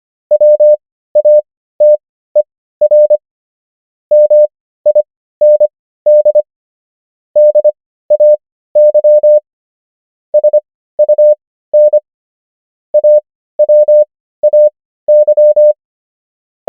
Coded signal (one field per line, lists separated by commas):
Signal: Morse code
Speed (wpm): 25 wpm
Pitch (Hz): 600 Hz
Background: none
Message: WATER MIND DAY SUN AWAY